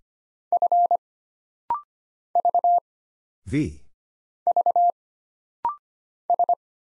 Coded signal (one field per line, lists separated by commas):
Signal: Morse code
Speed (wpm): 25 wpm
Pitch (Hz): 700 Hz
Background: none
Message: F V V S